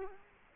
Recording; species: mosquito wingbeat signal from an infrared sensor; Culex quinquefasciatus